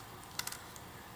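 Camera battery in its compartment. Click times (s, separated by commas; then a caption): 0.4 s. The battery compartment latch on an Olympus Tough TG-6 rugged compact camera is unlocked, and the battery pops out of its compartment with a short, sharp click at 0.4 s. A few softer ticks follow at about 0.5 s and 0.8 s. The battery is released.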